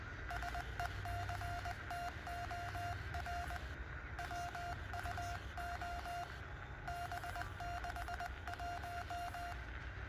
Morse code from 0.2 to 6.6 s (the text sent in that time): SECTOR WUO